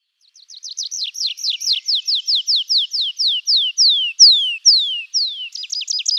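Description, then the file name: Tree pipit song: a long series of high descending slurred notes that start quick and gradually slow, growing louder and longer, then break into a fast trill at the end. "anthus trivialis"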